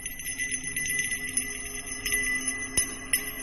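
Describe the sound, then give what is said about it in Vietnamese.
A small hand bell is shaken steadily while someone walks around a ritual altar, producing a continuous bright metallic jingling with sustained high ringing tones and occasional sharper clangs, moderately loud, with no voices. “Bá cắm nhang rồi cầm cái chuông, bái đi quanh đàn tràng ấy, vừa lẩm nhẩm khấn vừa lắc chuông leng ca leng keng.”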